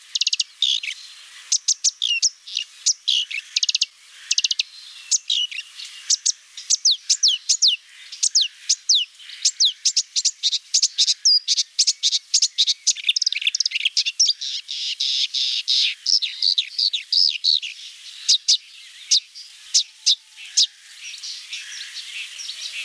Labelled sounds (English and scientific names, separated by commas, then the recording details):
Marsh Warbler (Acrocephalus palustris) song
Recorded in the wild
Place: Waltershofen / Freiburg im Breisgau, Baden-Württemberg, DE
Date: 2006-05-06
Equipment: MiniDisc Sharp MT 20 H
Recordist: Schwarz, Dieter